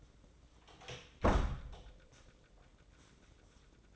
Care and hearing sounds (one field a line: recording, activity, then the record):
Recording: daily activity, microphone in the room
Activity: close door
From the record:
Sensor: 3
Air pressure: 1012.4 hPa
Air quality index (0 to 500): 176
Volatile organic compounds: 3 ppm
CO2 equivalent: 1351 ppm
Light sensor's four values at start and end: 590/1465/606/623 and 590/1466/607/623